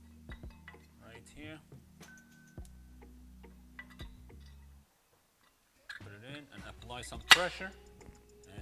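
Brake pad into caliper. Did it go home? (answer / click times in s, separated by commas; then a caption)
no / none. Someone talks while an inner brake pad with its spring clip is pressed by hand into the caliper piston of a 2012 Mercedes GL450, with faint taps and handling clicks scattered through the clip and a short quiet gap in the middle. The pad is only being handled and pressed, and nothing has seated or clicked into place yet.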